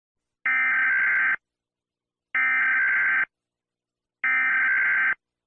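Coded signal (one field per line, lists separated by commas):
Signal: Emergency Alert System (SAME) tones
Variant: header bursts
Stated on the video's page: Fictional EAS scenario.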